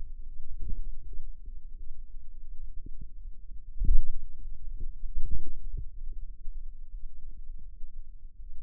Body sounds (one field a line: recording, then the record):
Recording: forearm muscle sounds (acoustic myography)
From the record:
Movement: pen grasping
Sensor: system 2, bracelet of six BSWA MPA416 microphones around the upper forearm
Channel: 5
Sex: female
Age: 23 years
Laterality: right